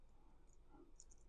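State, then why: Not seated. A plastic part from a Gundam Sandrock model kit is pressed toward the backpack assembly, giving faint plastic rubbing and two brief high ticks near 1.0 and 1.1 seconds. The part does not go in properly because it is not being done right, and nothing has seated or clicked yet.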